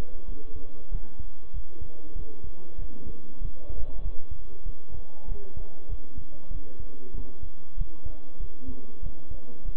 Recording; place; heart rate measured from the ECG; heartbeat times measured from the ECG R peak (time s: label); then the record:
heart sounds by stethoscope; between the tricuspid and mitral areas; 96 bpm
0.27 s: heartbeat
0.91 s: heartbeat
1.53 s: heartbeat
2.15 s: heartbeat
2.77 s: heartbeat
3.40 s: heartbeat
4.02 s: heartbeat
4.65 s: heartbeat
5.27 s: heartbeat
5.88 s: heartbeat
6.50 s: heartbeat
7.13 s: heartbeat
7.77 s: heartbeat
8.39 s: heartbeat
9.02 s: heartbeat
9.64 s: heartbeat
From the record:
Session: bicycle stress test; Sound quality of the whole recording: good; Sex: male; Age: 23 years